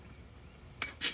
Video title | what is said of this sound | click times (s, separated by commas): Jeep TJ Dana 30 Torq locker Install - Lunchbox - Traction - Made in USA | Right there. I heard it click. It's seated. | 0.8 s